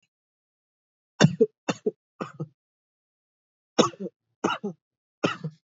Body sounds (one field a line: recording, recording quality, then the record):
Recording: shallow voluntary cough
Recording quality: excellent, no background noise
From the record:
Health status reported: COVID-19 positive, mild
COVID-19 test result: positive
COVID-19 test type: RT-PCR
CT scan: not taken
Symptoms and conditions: cold, fever, loss of smell and taste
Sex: male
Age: 27 years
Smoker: no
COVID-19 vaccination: both doses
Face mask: not worn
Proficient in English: yes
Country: India